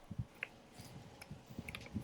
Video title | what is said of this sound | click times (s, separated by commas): Best Review - WORX WG163 GT 3.0 20V PowerShare 12" Cordless String Trimmer-Edger - Amazon Best! | clicks into place, | 1.7 s, 1.8 s